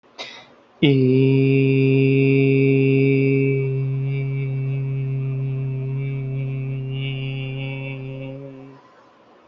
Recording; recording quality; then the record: sustained vowel as in beet; moderate, slight background noise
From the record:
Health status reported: healthy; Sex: male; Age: 28 years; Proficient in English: yes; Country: India